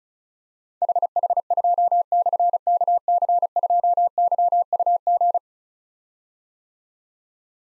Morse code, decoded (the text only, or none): HH2/KC2YUG